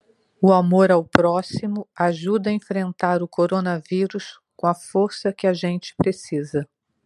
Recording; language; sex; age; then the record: spoken sentence; Brazilian Portuguese; female; 60 to 69 years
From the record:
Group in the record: control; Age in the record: 62 years